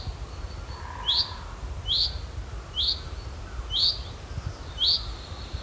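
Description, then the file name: Common chaffinch calling: a short, bright, slurred note repeated about once a second, five times, over a low steady rumble. "Fringilla coelebs"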